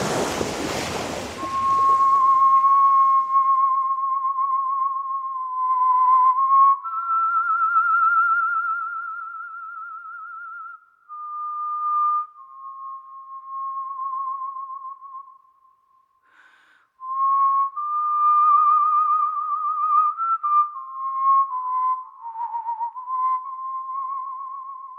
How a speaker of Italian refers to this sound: qualche mese fa sono andata a Radio Vaticana e ho fischiato l'Ave Maria di Schubert